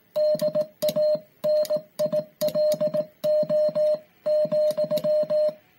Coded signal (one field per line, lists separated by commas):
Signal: Morse code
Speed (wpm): 18 wpm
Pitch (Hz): 610 Hz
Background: music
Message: DANILO,